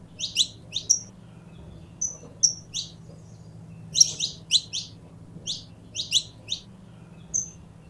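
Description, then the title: Belgian canary uttering clusters of bright, piercing chirps mixed with brief pure whistles, pausing between bursts, against a faint steady background hum. Purebred Belgian canary song. "Canto Do Canário Belga Puro"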